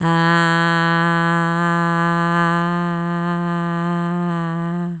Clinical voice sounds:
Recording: sustained vowel /a/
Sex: female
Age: 40 to 49 years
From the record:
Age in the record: 48 years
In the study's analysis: included

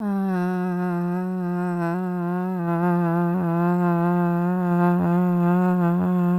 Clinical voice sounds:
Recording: sustained vowel /a/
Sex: female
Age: 40 to 49 years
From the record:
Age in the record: 43 years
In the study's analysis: excluded

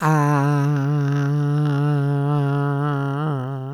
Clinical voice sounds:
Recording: sustained vowel /a/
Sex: female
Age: 50 to 59 years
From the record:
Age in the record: 56 years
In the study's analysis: included

